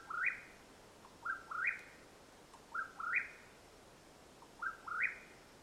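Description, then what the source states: Mexican whip-poor-will giving repeated burry whistled phrases, each stepping upward to a rough peak, about four phrases in quick sequence. Call at nightfall in Madera Canyon, Arizona, USA, 21 April 2022.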